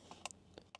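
On the driver's side of a 2024 Highland Tesla Model 3, during a Torklift EcoHitch tow hitch install, the tow hitch wiring harness connector is plugged into the rear body module and its clip is pushed in. Sharp plastic clicks are heard at 0.3 s and 0.8 s, along with a few smaller ticks. The connector is seated and clicked in, and the result is judged super good.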